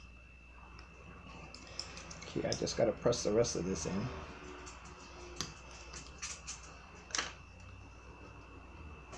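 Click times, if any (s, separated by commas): 5.4 s, 7.1 s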